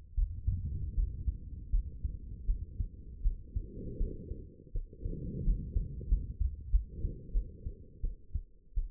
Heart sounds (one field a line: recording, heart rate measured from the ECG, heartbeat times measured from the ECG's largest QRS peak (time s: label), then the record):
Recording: heart sounds by stethoscope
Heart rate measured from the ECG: 84 bpm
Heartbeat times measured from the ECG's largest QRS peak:
0.14 s: heartbeat
0.94 s: heartbeat
1.70 s: heartbeat
2.46 s: heartbeat
3.22 s: heartbeat
3.98 s: heartbeat
4.72 s: heartbeat
5.43 s: heartbeat
6.07 s: heartbeat
6.70 s: heartbeat
7.32 s: heartbeat
8.02 s: heartbeat
8.75 s: heartbeat
From the record:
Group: healthy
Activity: Valsalva maneuver 0-5 s, rest 5-9 s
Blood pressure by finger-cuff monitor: 81/49 mmHg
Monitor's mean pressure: 62 mmHg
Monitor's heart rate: 80 bpm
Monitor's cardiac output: 7.5 L/min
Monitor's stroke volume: 94 mL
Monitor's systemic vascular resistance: 580 dyn s/cm5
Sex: female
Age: 22 years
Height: 161 cm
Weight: 65.5 kg